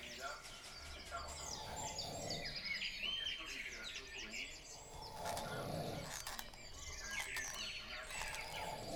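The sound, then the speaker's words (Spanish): A steady chorus of high, twittering birdsong fills the scene, joined by a couple of longer, strained rooster crows rising and falling beneath the chirps. “La televisión está prendida a lo lejos y cantan los gallos entre otras aves.”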